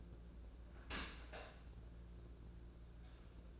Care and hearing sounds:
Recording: daily activity, microphone in the room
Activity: open dishwasher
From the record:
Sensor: 2

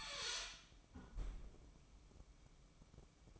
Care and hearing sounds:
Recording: daily activity, microphone in the room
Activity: close fridge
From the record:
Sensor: 1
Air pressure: 1007.8 hPa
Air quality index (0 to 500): 101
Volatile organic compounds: 1 ppm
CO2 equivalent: 857 ppm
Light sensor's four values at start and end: 12/29/12/13 and 12/29/12/13

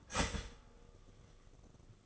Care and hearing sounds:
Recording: daily activity, microphone in the room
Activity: start toaster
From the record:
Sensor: 4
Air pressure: 1005.0 hPa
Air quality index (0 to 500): 187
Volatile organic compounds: 5 ppm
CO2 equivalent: 1831 ppm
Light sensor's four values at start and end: 18/60/22/21 and 17/59/22/20

